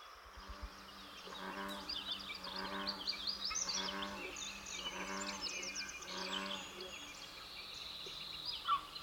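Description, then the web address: American bullfrog calls as deep, throbbing croaks in short bursts about every second, over a background of insect buzzing. "Dan Gibson's Solitudes Nature Trails. Bullfrog"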